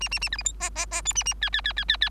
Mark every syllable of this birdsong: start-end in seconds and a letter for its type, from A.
0.00-0.09 A, 0.11-0.19 A, 0.21-0.29 A, 0.32-0.37 B, 0.38-0.43 C, 0.45-0.52 D, 0.60-0.70 E, 0.75-0.86 E, 0.91-1.02 E, 1.05-1.14 F, 1.15-1.24 A, 1.25-1.34 A, 1.41-1.50 G, 1.53-1.61 G, 1.64-1.73 G, 1.76-1.85 G, 1.88-1.97 G, 2.01-2.09 G